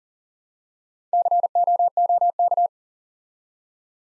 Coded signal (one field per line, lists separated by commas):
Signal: Morse code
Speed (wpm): 38 wpm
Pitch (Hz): 700 Hz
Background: none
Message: COOK